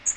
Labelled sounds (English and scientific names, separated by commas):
Magnolia Warbler (Setophaga magnolia) flight call